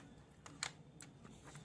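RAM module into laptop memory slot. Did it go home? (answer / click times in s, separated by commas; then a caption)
no / none. A RAM module is handled at a laptop's memory slot (HP G4 laptop), with a few short, sharp plastic taps and clicks around 0.5, 0.6 and 1.0 seconds over a quiet background. Nothing has seated or clicked into place yet.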